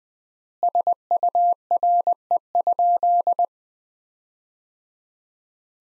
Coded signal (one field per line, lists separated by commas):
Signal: Morse code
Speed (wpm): 20 wpm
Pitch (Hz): 700 Hz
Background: none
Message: SURE?